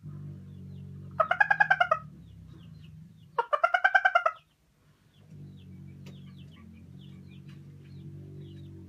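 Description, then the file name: Chicken: hen cackling: two loud bursts of rapid, harsh clucks close together, over a quieter low hum in the background. Araucana hen, calling while laying an egg. "Poule araucana qui pond"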